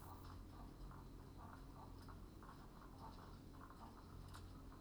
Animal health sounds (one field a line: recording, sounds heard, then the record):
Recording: poultry house recording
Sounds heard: sick chickens (respiratory disease)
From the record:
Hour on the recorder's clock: 21